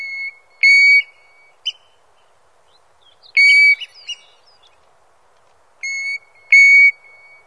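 European golden plover gives plaintive, even-pitched whistles in small clusters, mixed with short sharper notes, with quiet pauses between bursts.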